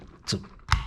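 An aluminum SLR +5 magazine extension for a Glock 19 is worked onto the pistol magazine body while a punch pushes the metal plate down. A soft scrape near 0.3 s is followed by a sharp click at 0.7 s as the floor plate extension slides home and seats.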